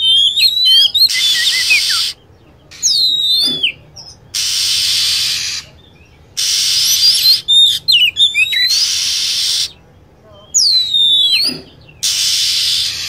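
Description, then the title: Lovebird calls: repeated shrill chirps and curving squeals in quick groups, alternating with blocks of harsh high chatter and brief silent gaps. Lure sound used to attract lovebirds. "PIKAT BURUNG LOVEBIRD"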